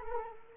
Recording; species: mosquito wingbeat signal from an infrared sensor; Culex quinquefasciatus